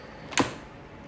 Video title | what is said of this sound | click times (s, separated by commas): Ninja 72 Oz Blender: DEMO, Pros, Cons, and My Secret Tips | there's a bit of a a click there that you can hear | 0.4 s